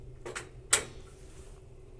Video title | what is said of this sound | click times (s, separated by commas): Dell PowerEdge R750xs - How To Rack a Server - Server Racking - Sliding Rails - Rackmount Server | push it in. We're done. That's it. You just click it in. And so now it's locked into place. | 0.7 s